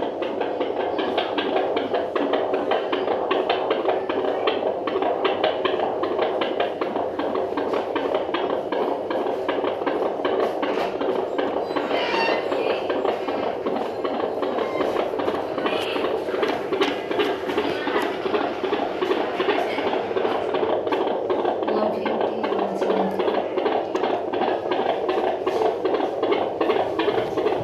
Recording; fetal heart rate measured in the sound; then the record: fetal heartbeat by stethoscope microphone, probably a fetal Doppler's sound; 157 bpm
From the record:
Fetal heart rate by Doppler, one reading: 145 bpm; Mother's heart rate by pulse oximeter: 100 bpm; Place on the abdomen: right side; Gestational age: 36+ weeks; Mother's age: 26 years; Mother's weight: 72 kg